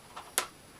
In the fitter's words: there we go love that satisfying click